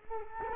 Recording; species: mosquito wingbeat signal from an infrared sensor; Culex quinquefasciatus